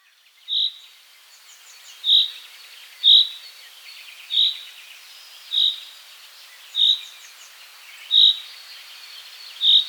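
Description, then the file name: Common chaffinch calls: crisp, high, clipped notes given singly at fairly steady intervals, eight in all. "Fringilla coelebs"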